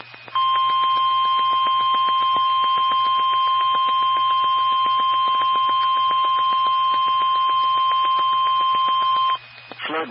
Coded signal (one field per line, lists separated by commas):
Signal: Emergency Alert System (SAME) tones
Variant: 1050 Hz attention tone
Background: speech